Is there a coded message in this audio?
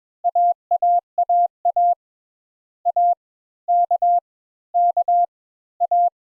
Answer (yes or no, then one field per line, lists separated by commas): yes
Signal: Morse code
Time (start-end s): 0.3-6.1 s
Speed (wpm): 25 wpm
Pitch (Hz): 700 Hz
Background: none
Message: A A A A A K K A